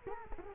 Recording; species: mosquito wingbeat signal from an infrared sensor; Culex quinquefasciatus